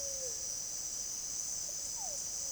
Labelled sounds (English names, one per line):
Pale-vented Pigeon